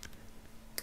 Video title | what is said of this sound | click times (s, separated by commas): Reparar valvula tapon de desague lavabo pop-up, sifon clic clac. | Ahí ya ha enganchado. | 0.8 s